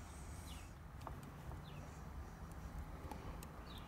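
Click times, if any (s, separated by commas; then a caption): none. A wire terminal is handled and pushed toward a steering wheel harness connector during a Raptor steering wheel paddle shifter retrofit on a 2015+ F150. Only faint, light handling ticks are heard over a steady low rumble. Nothing has seated or clicked yet.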